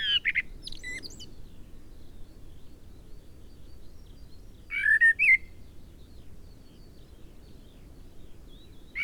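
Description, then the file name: Eurasian blackbird giving short warbled song phrases with high twittery notes, spaced several seconds apart, with another phrase beginning as the recording ends. "Turdus merula"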